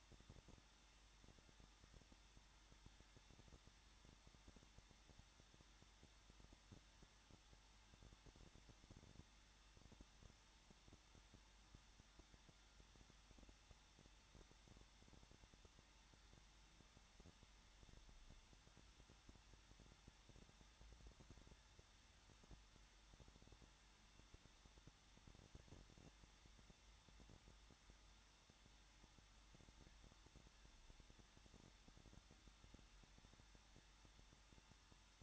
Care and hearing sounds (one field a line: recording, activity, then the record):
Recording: daily activity, microphone in the room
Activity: no activity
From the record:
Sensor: 3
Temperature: 21.2 degrees Celsius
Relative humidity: 36.4%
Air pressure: 1006.4 hPa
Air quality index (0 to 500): 222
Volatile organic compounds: 42 ppm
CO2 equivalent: 3181 ppm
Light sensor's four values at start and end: 2/3/2/2 and 2/3/2/2